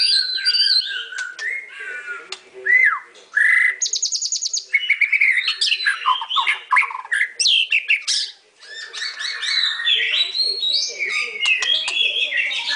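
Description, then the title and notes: White-rumped shama song: clear swooping whistles, a buzzy trill and rapid chattering phrases, rich and varied throughout. Training song (masteran). "Murai Batu Album 01. Masteran Murai Batu"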